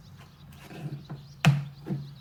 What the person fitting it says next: that was a good click sound